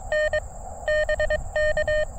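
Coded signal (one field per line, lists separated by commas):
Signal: Morse code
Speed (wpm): 24 wpm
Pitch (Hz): 600 Hz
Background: none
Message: N BK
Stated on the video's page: CW Parks on the Air activation with an Elecraft KX2 and Gabil GRA 7350TC antenna in a town park with much RF noise; conditions decent.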